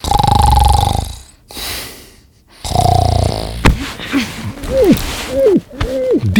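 Two loud, buzzy snoring breaths from an adult sleeper, then whistling breaths that rise and fall in pitch.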